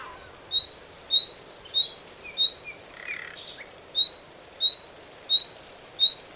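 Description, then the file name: Common nightingale giving a steady series of brief rising whistles, broken midway by a cluster of softer chattering and croaky notes. "Luscinia megarhynchos"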